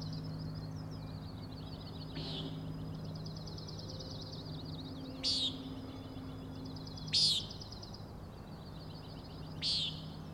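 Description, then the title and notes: Common nighthawk uttering four buzzy, nasal peents spread over ten seconds, a high pulsing trill steady in the background. Three birds giving peenting calls; Overlook, Schoodic Head, Acadia National Park, Winter Harbor, Maine; 16 June 2017, 4am; flying in close formation, passing near the recordist. "Common Nighthawks, Schoodic Head 061617 4am. 3 common nighthawks making peenting calls and wings booms but also a rattling noise at the Overlook (410 ft) on Schoodic Head (435 feet) Schoodic division Acadia National Park Winter Harbor, ME"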